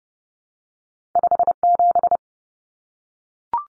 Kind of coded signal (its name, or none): Morse code